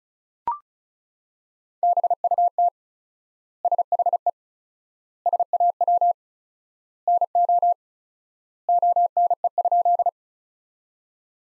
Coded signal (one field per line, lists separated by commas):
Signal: Morse code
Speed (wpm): 34 wpm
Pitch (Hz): 700 Hz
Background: none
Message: BUT SHE SAW NO ONE?